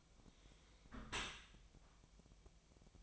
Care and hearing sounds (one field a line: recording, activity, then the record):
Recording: daily activity, microphone in the room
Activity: close dishwasher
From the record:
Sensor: 1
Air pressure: 1006.7 hPa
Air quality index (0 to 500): 209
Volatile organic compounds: 24 ppm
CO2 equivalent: 2821 ppm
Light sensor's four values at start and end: 12/32/13/14 and 13/32/13/14